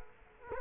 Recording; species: mosquito wingbeat signal from an infrared sensor; Culex quinquefasciatus